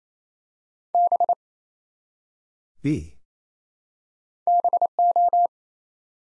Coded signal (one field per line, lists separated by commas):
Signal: Morse code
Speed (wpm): 27 wpm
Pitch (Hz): 700 Hz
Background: none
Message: B BO